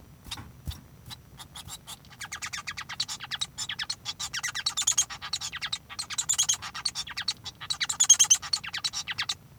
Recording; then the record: song of a male Bengalese finch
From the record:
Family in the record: son of father 1